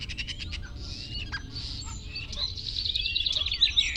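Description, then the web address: Common starling song, rapid dry clicking rattles that run into buzzy, wheezy chatter and squeaky whistles, continuous throughout. "Ocells Cultura Estornino pinto"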